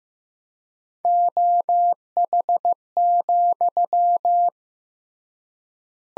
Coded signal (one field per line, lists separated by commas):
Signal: Morse code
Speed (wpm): 15 wpm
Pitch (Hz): 700 Hz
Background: none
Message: OH,